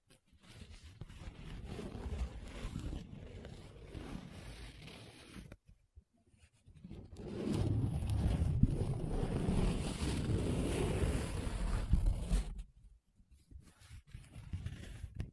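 Paper being rubbed and scratched, with a dry, rustling scrape that fills the low and middle range. Two long strokes run from about 1 to 5.5 seconds and 7 to 12.5 seconds, separated by near silence, with a softer scratch starting near 14 seconds.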